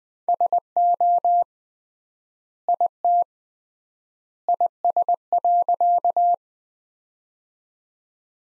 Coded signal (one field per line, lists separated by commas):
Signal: Morse code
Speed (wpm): 20 wpm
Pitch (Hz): 700 Hz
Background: none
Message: SO IT IS.